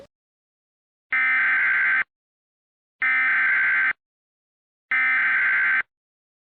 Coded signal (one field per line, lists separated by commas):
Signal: Emergency Alert System (SAME) tones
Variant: header bursts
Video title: EAS MOCK #22: "Old La Sal Evacuation Orders Still in Effect"